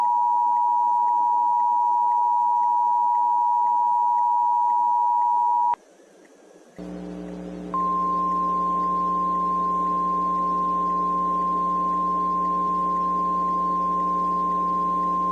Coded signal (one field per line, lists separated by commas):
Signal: Emergency Alert System (SAME) tones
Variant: 853 and 960 Hz attention tone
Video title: Johto Windstorm (EAS Scenario)